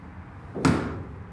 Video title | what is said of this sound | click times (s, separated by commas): 2024 Cimarron Lonestar Stock Combo Gooseneck | so you're just going to slide that onto the Shelf there and then your AR latch right here is just going to pop into place | 0.6 s